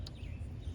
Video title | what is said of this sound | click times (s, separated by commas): Ford Fuel Injectors: 2009 Lincoln MKS 3.7 | you want to hear them click when you plug them in that one clicked clicked that | 0.1 s